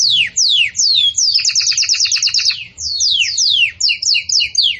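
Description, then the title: Belgian canary song, fast sweeping downslurred notes followed by a rapid two-tone trill and more quick repeated phrases, all high and bright. Belgian canary singing in the campainha (bell) song style, used for training young chicks to sing. "Belíssimo Canto Do Canário Belga Campainha Para Encarte De Filhotes"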